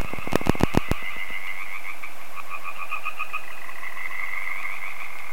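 Frogs calling in a dense chorus, a steady mass of rapid croaking notes throughout, with a few sharp clicks near the start.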